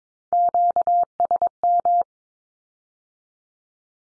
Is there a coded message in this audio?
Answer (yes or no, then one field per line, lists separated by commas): yes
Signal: Morse code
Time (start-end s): 0.3-2.0 s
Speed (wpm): 22 wpm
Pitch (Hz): 700 Hz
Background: none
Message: QSM